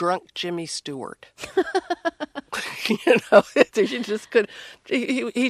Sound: laughter